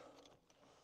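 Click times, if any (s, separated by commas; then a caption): none. A pressure reducing valve body is handled into a copper pipe run between its fittings, with the flow arrow set in the right direction. Soft mechanical rustling and scraping are heard, with a brief sharp knock near 0.3 s. Nothing has seated or clicked yet.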